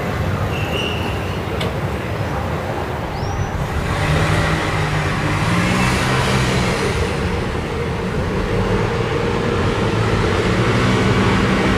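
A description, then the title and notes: Evening traffic on a busy city street: a steady, dense roar of passing vehicles with a deep engine rumble that swells and grows heavier after about four seconds. Early on, a brief high squeal, a sharp click, and a short rising whistle cut through. Via Moscova, Milano (Evening). Recorded in Milan, Italy, on via della Moscova, overlooking Largo la Foppa. At 7:30 PM.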